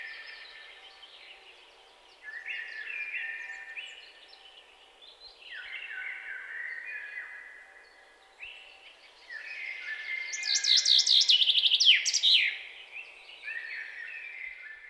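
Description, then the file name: Common chaffinch song: a rapid series of falling notes builds to a bright closing flourish, with steady whistled phrases from other birds before and after. "Fringilla coelebs"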